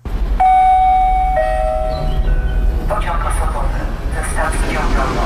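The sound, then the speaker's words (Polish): A Koleje Mazowieckie commuter train in Poland pulls in with a steady low rumble, high whining tones squealing over it for a couple of seconds before giving way to a louder, hissing clatter. “O, jedzie nasz rekordzista.”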